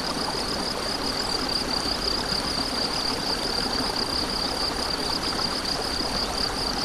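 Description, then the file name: Crickets keep up an unbroken high pulsed trill over loud, constant stream water. Crickets beside a stream, recorded 7 May 2014 on an MZ-N 710 recorder. "MZ-N 710 Ruisseau et grillons 7 05 14"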